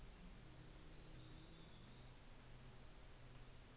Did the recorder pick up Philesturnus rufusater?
no